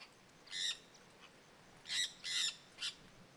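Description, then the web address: Jandaya parakeet uttering four harsh, raspy squawks, the middle two close together, the last one short, against a quiet natural background. Jandaya parakeet calling in forest at Terra Ronca. "Jandaia verdadeira cantando na mata. terra ronca"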